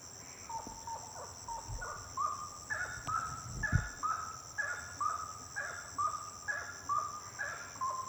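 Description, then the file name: Bird song of whistled notes roughly once a second, with two dull low thumps and a continuous shrill high tone. Birds singing at night, intense song. "Passaros cantando a noite canto intenso"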